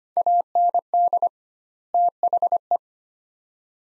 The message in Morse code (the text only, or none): AND THE